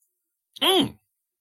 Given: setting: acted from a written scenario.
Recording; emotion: vocal sound without words; negative surprise